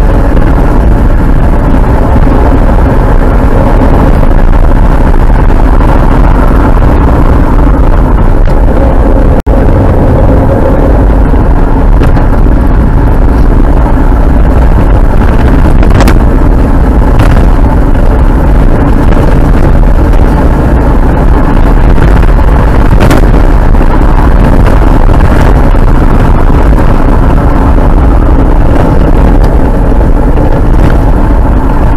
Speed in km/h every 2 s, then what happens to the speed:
64, 64, 69, 55, 50, 53, 59, 64, 63, 65, 65, 73, 71, 60, 50, 51.
4-7 brakes to 50. 9-14 speeds up to 64. 14-20 steady at about 64. 20-23 speeds up to 73. 23-28 brakes to 50.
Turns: 4-10.